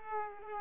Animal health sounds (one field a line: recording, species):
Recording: mosquito wingbeat signal from an infrared sensor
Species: Culex pipiens